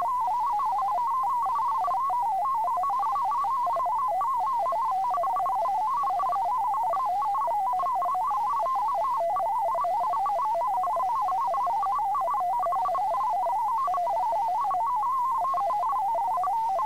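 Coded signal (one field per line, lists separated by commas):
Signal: multi-tone FSK (Olivia or MFSK type)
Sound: rapid warbling single tone hopping among pitches near 1 kHz, with faint steady high whistle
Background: faint steady tone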